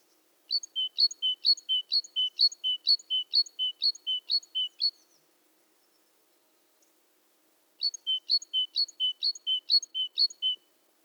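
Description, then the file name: Great tit song: high two-note phrases repeated rapidly in a long run, then a pause of about three seconds before another similar run; no other sounds. "Parus major"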